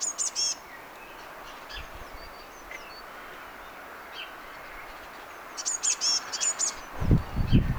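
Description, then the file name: Eurasian blue tit calls, high thin note clusters at the start and near the end, scattered faint chirps, and low rumbling noise at the close. "Cyanistes caeruleus"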